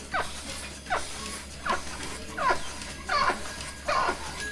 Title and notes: ordenha (gramaços, oliveira do hospital). Ovelhas # 2 (Ordenha). gravacao de campo num redil de ovelhas, em gramacos, oliveira do hospital, aquando da ordenha diaria a cerca de 30 ovelhas